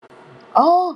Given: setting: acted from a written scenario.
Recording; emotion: vocal sound without words; positive surprise